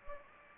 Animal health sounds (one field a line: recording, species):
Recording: mosquito wingbeat signal from an infrared sensor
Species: Anopheles gambiae